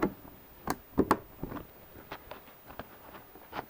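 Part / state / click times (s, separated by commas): memory module into motherboard slot / seated / 1.1 s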